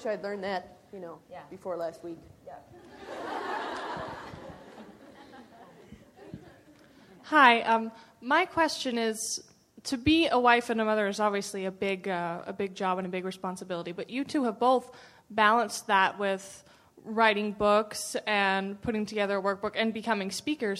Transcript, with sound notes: I wish I had learned that, you know, before last week. (Laughter)
Hi. My question is that to be a wife and a mother is obviously a big job and a big responsibility, but you two have both balanced that with writing books and putting together a workbook and becoming speakers.